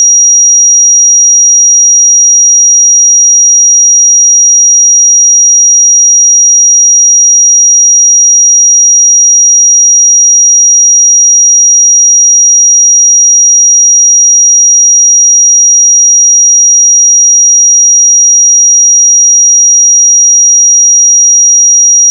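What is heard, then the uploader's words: A pure sine tone at 5732 Hz holds perfectly steady for the full twenty-two seconds. The pitch is high and thin, the level never changes, and there is nothing else behind it, only a slight click as it stops at the very end. 5732 Hz 1 Hz Interval Sine Pure Tone Frequency 441000 Sample Mono.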